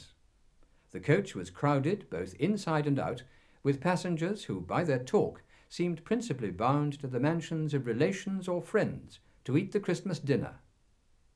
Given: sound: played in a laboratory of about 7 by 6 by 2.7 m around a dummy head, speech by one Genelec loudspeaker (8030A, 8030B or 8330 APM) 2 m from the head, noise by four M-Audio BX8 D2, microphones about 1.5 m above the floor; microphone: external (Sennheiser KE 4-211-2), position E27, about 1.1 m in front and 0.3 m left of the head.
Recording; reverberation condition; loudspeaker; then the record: male speech in English; low; in front (0 degrees)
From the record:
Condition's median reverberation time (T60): about 310 ms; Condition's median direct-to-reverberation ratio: about 3.5 dB